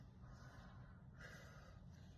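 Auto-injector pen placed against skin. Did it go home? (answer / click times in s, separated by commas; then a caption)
no / none. An auto-injector pen is placed against the skin before firing, with a sharp breathy gasp near 1.2 seconds over a steady low background hum. Nothing has clicked yet; the pen has not been pressed.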